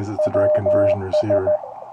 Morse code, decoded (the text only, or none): WS